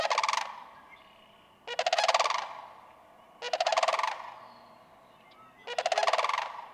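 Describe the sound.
Sandhill crane uttering four loud, rolling, bugling rattles roughly every two seconds, each a burst of fast pulsed notes separated by near silence.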